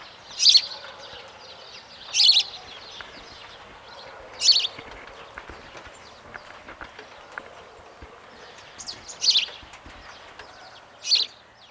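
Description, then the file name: House sparrow chirps, short bright notes in a few separate bursts, over steady background noise. "Passer domesticus"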